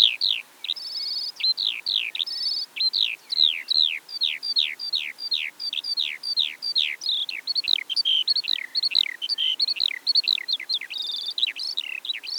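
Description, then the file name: Eurasian skylark song: a continuous rapid stream of high chirps, downward-sliding notes and short buzzy trills, pouring on without pause throughout. Eastern Europe. "Stimmen der Natur aus Osteuropa - Feldlerche"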